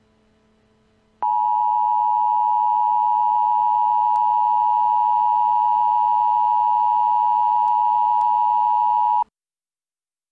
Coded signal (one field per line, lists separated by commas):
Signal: Emergency Alert System (SAME) tones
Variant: 853 and 960 Hz attention tone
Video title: Eas Scenario: Star Wars Order 66